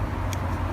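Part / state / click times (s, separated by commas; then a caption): plastic quick-connect lock tab on a fuel tank breather valve line / released / 0.3 s. A pick is rotated under the front of the plastic lock tab on the quick-connect of a fuel tank breather valve line on a BMW V8/M3, and the tab is lifted to unlock it. Against a steady low hum, a short sharp click is heard at 0.3 s as the lock tab releases open.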